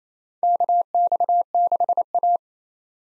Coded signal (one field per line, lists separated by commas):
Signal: Morse code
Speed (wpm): 27 wpm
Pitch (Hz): 700 Hz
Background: none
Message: KX6A